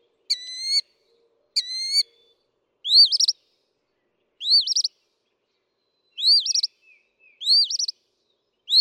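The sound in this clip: Northern mockingbird song: two flat notes rich in overtones, then several sharp rising chirps.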